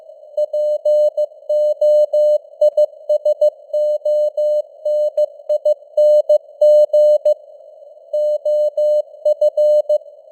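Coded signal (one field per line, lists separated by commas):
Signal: Morse code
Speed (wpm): 15 wpm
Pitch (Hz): 600 Hz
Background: none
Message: POISONING OF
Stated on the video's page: News headlines in Morse at 15 wpm with simulated radio noise and varying signal strength (QSB).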